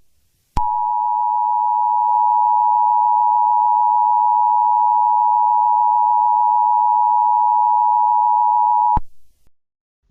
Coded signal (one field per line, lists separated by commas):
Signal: Emergency Alert System (SAME) tones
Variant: 853 and 960 Hz attention tone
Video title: EAS Scenario: El Pablo Pt.2